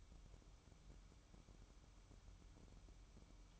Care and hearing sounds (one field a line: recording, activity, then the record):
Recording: daily activity, microphone in the room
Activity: take from stove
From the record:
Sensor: 1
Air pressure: 1008.1 hPa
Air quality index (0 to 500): 132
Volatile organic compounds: 2 ppm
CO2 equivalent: 1113 ppm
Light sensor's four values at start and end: 8/19/8/8 and 8/19/8/8